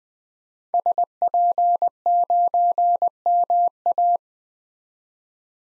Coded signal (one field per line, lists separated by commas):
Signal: Morse code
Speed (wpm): 20 wpm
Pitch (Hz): 700 Hz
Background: none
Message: SP9MA